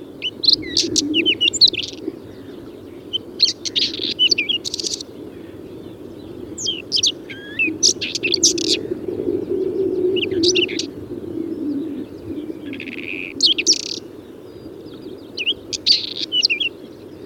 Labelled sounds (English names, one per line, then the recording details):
Whinchat song
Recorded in the wild
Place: Schwerin, Lewitz, Mecklenburg-Vorpommern, DE
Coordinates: 53.636, 11.401
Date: 1984-04-30
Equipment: Nagra III BH, Sennheiser MD 21, parabola
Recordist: Schubert, Michael